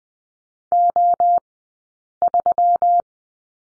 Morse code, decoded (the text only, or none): O3